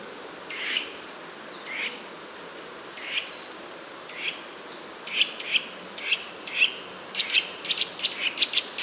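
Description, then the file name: Eurasian nuthatch calls: clipped, high chipping notes in uneven series, growing louder and quicker toward the end, against a quiet hiss. "Sitta europaea"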